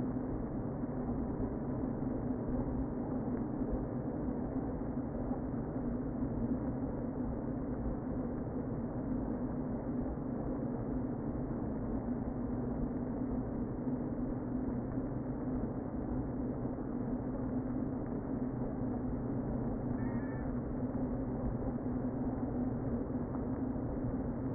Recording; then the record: honeybee colony, microphone inside the hive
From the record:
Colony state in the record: queen present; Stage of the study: before two queens were removed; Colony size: about 60,000 bees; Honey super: yes